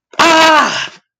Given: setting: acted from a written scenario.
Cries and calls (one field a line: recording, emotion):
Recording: vocal sound without words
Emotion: pain